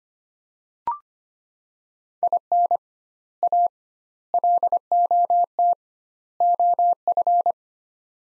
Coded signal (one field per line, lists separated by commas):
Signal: Morse code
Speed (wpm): 25 wpm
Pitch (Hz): 700 Hz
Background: none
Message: IN A LOT OF